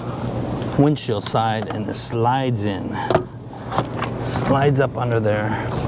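Someone talks while sliding the plastic windshield cowl panel of a CX-90 up under the windshield edge, with soft handling noise and a brief sharp tap near 3.8 s. The panel is handled but not yet home; none of its retaining clips have popped into place yet.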